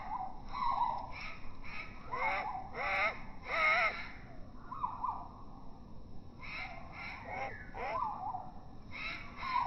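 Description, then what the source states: Great tit begging calls: a long series of buzzy, wavering, harmonic notes with dipping and rising shapes, in clusters separated by short pauses. Juvenile perched on a deck chair backrest, begging for food with trembling wings while offered soaked dried mealworms by hand; recording slowed down four times.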